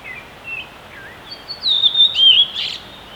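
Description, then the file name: Redwing song: a few soft scattered lower notes, then a clear high whistled descending phrase breaking into a quick buzzy twitter at the end. Recorded on 10 April 2016. "20160410 rodvingetrast"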